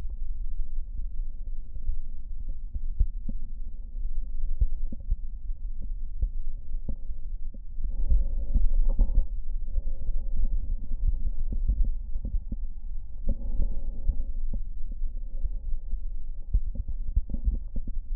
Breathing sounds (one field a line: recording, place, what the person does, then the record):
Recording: lung sounds by stethoscope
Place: right posterior basal chest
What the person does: quiet breathing, then deep breathing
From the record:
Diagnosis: COPD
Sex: female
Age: 65 years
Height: 156 cm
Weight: 63.9 kg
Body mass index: 26.3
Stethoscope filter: diaphragm mode